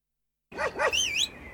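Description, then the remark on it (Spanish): A dog gives two quick, bright barks, then lets out a high-pitched wavering whimper, all within about a second after a moment of silence. “era un perro feliz.”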